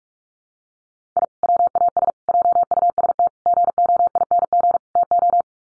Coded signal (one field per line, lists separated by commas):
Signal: Morse code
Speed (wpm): 44 wpm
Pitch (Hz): 700 Hz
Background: none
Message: I WAS JUST GOING TO